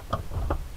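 The pilot seat of a Cessna 152 is slid along its rail until the seat latch pin engages the aircraft seat rail, making sharp clicks at 0.1 s and 0.5 s. The seat is confirmed latched in position, which matters because an unlatched seat can slide all the way back on takeoff.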